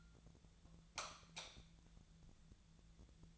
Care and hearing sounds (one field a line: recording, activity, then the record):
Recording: daily activity, microphone in the room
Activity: light off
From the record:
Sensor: 3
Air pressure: 1000.0 hPa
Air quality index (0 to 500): 124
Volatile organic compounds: 2 ppm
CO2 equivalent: 1112 ppm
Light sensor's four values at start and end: 33/87/36/39 and 30/77/32/35